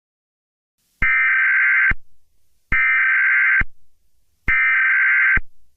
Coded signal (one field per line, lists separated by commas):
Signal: Emergency Alert System (SAME) tones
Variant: header bursts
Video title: EAS Scenario #6: National Test On August 2016 (FAKE)